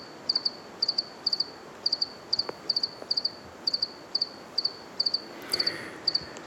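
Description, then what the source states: House cricket chirping: high, clear pulsed chirps in quick groups of two or three, repeated about twice a second, steady over faint background hiss. Heard every afternoon and evening from above a ceiling in a home in Sneek; the insect sometimes moves a little but keeps calling persistently.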